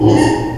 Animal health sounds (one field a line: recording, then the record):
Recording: squeal of a Yucatan mini pig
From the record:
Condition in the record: before surgery on the right vocal fold (resection and tissue-engineered implant)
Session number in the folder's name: 1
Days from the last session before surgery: -3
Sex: male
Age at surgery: 12 weeks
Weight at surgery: 13 kg